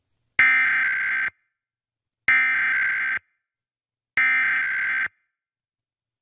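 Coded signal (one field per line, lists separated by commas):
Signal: Emergency Alert System (SAME) tones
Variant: header bursts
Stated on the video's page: Pennsylvania Required Monthly Test SAME tones, plus a Coastal Flood Warning.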